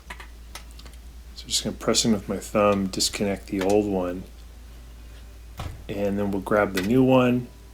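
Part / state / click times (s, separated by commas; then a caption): oven temperature sensor connector into wiring harness connector / not seated / none. Someone talks while handling a Samsung oven temperature sensor's plastic modular connector at the wiring harness connector, pressing in with a thumb to disconnect the old sensor before grabbing the new one. A few short ticks sound near 0.1–0.8 s, and another sharp one comes at 5.6 s. The new connector has not been plugged into the harness yet, so nothing has clicked or seated.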